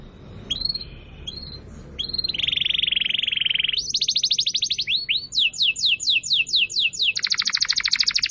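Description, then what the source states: Canary with a few separate chirps, then a sustained buzzy roll, followed by a series of sharp descending notes and a fast rattling trill. Song used as a lure to attract birds.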